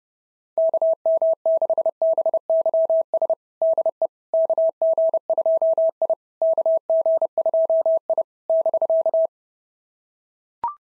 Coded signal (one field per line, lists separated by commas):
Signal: Morse code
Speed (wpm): 28 wpm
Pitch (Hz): 650 Hz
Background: none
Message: KM6BYS DE KG2I KG2I <BK>